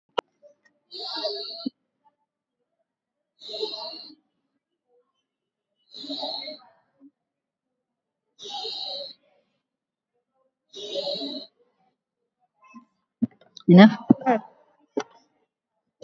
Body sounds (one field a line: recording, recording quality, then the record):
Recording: deep breathing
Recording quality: excellent, no background noise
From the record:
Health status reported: recovered from COVID-19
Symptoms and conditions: none ticked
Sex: female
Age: 65 years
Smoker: not ticked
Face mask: worn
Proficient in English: no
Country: India